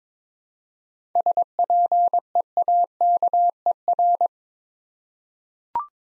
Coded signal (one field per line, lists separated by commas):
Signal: Morse code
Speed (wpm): 22 wpm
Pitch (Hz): 700 Hz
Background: none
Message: SPEAKER